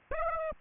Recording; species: mosquito wingbeat signal from an infrared sensor; Aedes aegypti